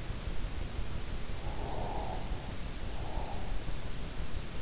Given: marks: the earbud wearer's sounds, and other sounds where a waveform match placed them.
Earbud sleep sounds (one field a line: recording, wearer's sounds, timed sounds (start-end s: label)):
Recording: sounds in sleep by an in-ear microphone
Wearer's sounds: breath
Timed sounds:
1.69-3.54 s: breath